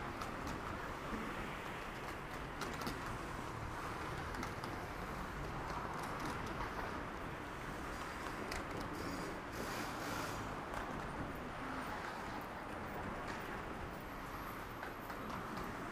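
Daytime street sound in Akihabara: a dense, steady wash of road traffic with a constant low rumble throughout. Faint crowd murmur and small clicks and taps come and go, with slight swells in the passing vehicles every few seconds.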